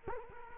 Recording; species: mosquito wingbeat signal from an infrared sensor; Culex quinquefasciatus